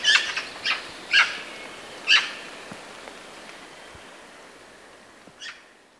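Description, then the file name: Eurasian magpie giving harsh, rasping single notes, a few in quick succession near the start, then spaced out with a long pause before a last fainter note. "Pica pica"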